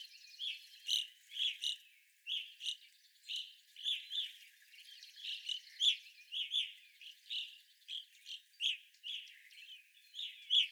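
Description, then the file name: Evening grosbeaks calling in a flock, a dense stream of clear ringing chirps. Several evening grosbeaks recorded on 25 April 2021. "2021-04-25 Evening Grosbeaks"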